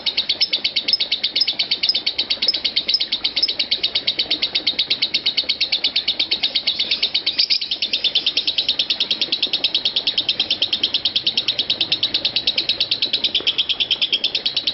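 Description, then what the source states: Lovebird chattering in a long, unbroken stream of rapid, high-pitched chirps, steady throughout with little variation. Konslet song style.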